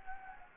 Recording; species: mosquito wingbeat signal from an infrared sensor; Anopheles gambiae